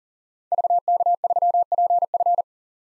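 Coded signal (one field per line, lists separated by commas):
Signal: Morse code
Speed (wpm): 40 wpm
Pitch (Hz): 700 Hz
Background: none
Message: VK3PF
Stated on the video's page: Head-copy practice of common SOTA activator call signs at 40 wpm.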